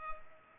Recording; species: mosquito wingbeat signal from an infrared sensor; Culex pipiens